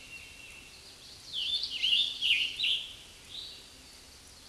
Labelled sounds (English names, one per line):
Scarlet Tanager song